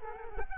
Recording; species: mosquito wingbeat signal from an infrared sensor; Culex quinquefasciatus